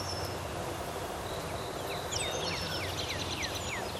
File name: Tachycineta bicolor